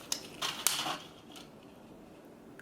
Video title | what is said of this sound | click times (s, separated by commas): DIY: Sequin Shimmer Wall -- Quick and Easy | and it just snaps into place | 0.7 s